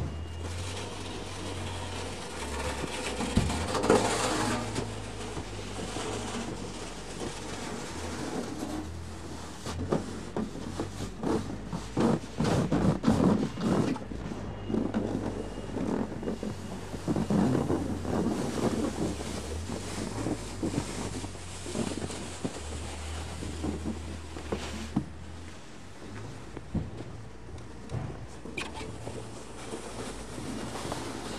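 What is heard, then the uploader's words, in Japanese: Snow is being cleared, with irregular scraping and rustling bursts that cluster around the middle of the clip and recur near the end. Underneath runs a steady low engine drone that shifts pitch a few times, constant. 湯治場ラジオ 雪下ろしASMR。村井六助さんでの雪下ろしの音を配信します。会話はありません。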